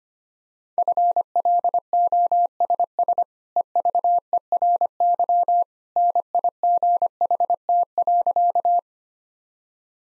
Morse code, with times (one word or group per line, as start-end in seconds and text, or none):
0.8-3.2 FLOSS
3.6-5.6 EVERY
6.0-8.8 NIGHT.